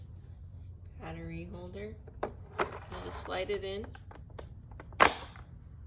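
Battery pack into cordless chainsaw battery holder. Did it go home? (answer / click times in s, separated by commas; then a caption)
yes / 5.0 s. Someone talks while a power tool battery pack is slid along its grooves into the plastic battery holder of a Greenworks 16" brushless cordless chainsaw, with a few faint ticks and scrapes along the way. A sharp, loud click at 5.0 s marks the battery latching into place, seated.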